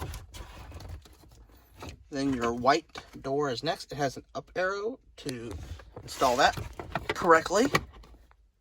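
A white plastic cabin air filter access door on a 5th Gen 4Runner is handled with its up arrow oriented correctly, ready to go into the filter housing behind the glove box, while someone talks throughout. Only a few faint, brief handling ticks are heard under the voice. Nothing has seated or clicked yet.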